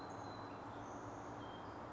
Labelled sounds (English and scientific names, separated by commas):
Song Sparrow (Melospiza melodia)